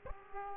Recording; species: mosquito wingbeat signal from an infrared sensor; Aedes aegypti